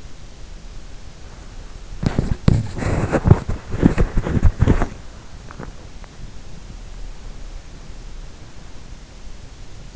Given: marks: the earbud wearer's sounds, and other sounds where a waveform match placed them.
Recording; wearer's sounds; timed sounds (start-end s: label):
sounds in sleep by an in-ear microphone; body movement
0.00-3.83 s: body movement